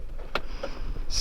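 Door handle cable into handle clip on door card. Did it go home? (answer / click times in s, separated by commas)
yes / 0.4 s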